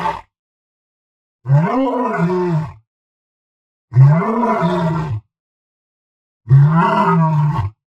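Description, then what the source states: Lion roaring: the end of one roar-growl, then three long, deep, rasping roar-growls, each lasting over a second, separated by short silences. Roar and growl.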